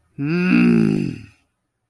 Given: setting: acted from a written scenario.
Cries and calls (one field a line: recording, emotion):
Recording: vocal sound without words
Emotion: anger